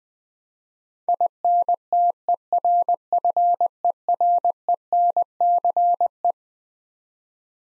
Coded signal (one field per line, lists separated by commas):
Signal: Morse code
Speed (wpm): 20 wpm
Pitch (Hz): 700 Hz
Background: none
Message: INTERFERENCE